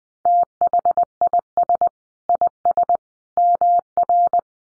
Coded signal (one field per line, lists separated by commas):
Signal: Morse code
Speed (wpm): 20 wpm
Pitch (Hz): 700 Hz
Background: none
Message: THIS IS MR